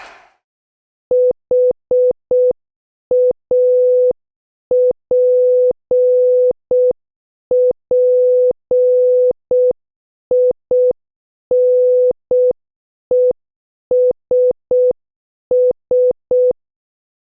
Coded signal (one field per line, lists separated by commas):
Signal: Morse code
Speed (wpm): 6 wpm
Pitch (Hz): 500 Hz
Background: none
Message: HAPPINESS